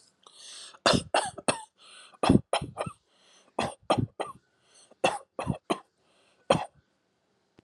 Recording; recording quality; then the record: shallow voluntary cough; excellent, no background noise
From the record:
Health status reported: healthy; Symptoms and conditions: diabetes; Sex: male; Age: 45 years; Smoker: not ticked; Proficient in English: yes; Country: India